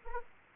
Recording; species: mosquito wingbeat signal from an infrared sensor; Anopheles arabiensis